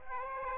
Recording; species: mosquito wingbeat signal from an infrared sensor; Aedes aegypti